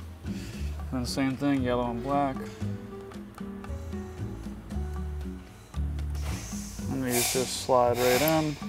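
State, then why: Not seated. A yellow and black wire terminal is handled near a harness connector housing while installing a Visconti Tuning flex fuel kit on a BMW M340i (G20), with someone talking over background music. A few faint handling ticks are heard, but nothing has seated or clicked into the housing yet.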